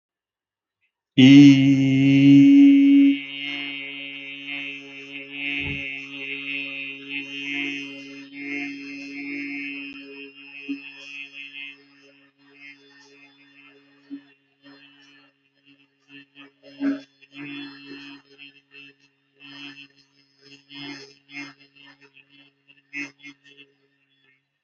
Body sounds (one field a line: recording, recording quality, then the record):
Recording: sustained vowel as in beet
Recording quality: excellent, no background noise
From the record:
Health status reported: healthy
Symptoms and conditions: none ticked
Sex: male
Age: 24 years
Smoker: not ticked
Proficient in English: yes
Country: India